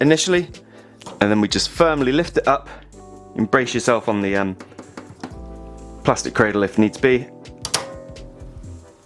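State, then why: Seated. A plastic ink cartridge in the carriage of an HP OfficeJet 3830 inkjet printer is lifted firmly upward from its hanging position, with the plastic cradle available to brace against, while someone talks over background music. It latches home with a sharp double click at about 7.6 s and 7.7 s, seating the cartridge in place.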